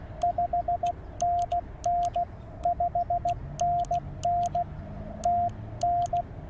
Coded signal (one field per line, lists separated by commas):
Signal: Morse code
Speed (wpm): 16 wpm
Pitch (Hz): 690 Hz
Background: radio noise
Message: 5NN 5NN TN